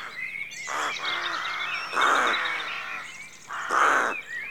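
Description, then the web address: Rooks cawing, three loud raspy caws spaced about a second and a half apart, over steady twittering songbirds. A rookery at dawn; rural exterior atmosphere. "BBC Sound Effects Library (Exterior Atmospheres-Rural Backg) Rookery Dawn"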